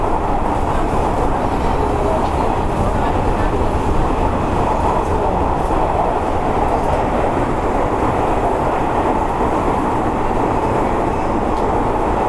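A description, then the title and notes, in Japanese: Running sound of a train heard from inside a moving car, a dense, steady rumble weighted toward the low end, with a constant mid-range whir on top. The loudness holds level throughout the twelve seconds, with faint rhythmic clatter from the wheels and no distinct events. 阪神電鉄5700系の走行音です。普通電車にて収録。区間は、神戸三宮から御影までです。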